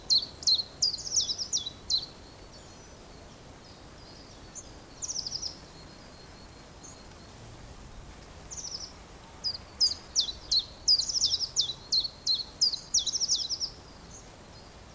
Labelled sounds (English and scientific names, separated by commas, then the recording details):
Common Chiffchaff (Phylloscopus collybita)
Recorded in the wild
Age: adult
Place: Mühlenbeck, am Tegeler Fließ, Brandenburg, DE
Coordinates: 52.6, 13.282
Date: 1992-04-11 11:35
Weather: heiter, 14°C, Wind
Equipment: Nagra SN, Mikrofon AKG CK 8, Kopie Tesla B 116
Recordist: Tembrock, Günter